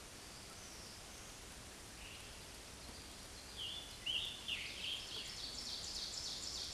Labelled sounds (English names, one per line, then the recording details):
Scarlet Tanager song
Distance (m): 25 m
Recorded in a Pennsylvania forest on 19 May 2023 at 10:56
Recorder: AudioMoth, point grid1_26_low
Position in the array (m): 168 m, 60 m